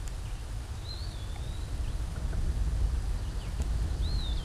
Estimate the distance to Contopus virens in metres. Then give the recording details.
about 30 m. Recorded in a Pennsylvania forest on 17 May 2023 at 13:50. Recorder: AudioMoth, point grid1_9_low. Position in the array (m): 59 m, 132 m